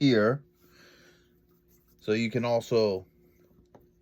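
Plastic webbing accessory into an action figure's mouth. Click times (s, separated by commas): 3.8 s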